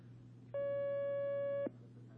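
A single steady electronic telephone tone sounds for about a second as another call is received on a phone-in fatwa program, loud and clean with a flat mid pitch, over a low background hum, then cuts off abruptly.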